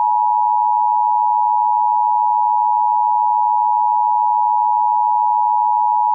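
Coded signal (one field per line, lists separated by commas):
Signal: Emergency Alert System (SAME) tones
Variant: 853 and 960 Hz attention tone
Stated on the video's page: Fictional EAS mock of a tornado in Waukesha.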